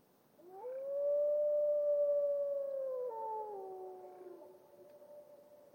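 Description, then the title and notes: Grey wolf howling: a clear tone climbs quickly, sustains evenly for about two seconds, then steps lower and trails off softly. Lone grey wolf howling in the late morning in a glacial valley with natural reverb, Washington, Northwest United States. "A lone Grey Wolf howls in the late morning, losing itself to the natural reverb of a glacial valley"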